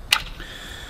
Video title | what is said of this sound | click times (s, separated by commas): Stihl Benzin-Motorsäge MS 231- wie starte ich sie Richtig! | Dann leicht drücken, drehen, dann rastet es ein. | 0.1 s